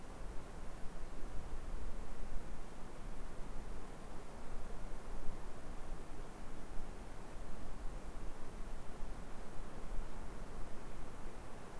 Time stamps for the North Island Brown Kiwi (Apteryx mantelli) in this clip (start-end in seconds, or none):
none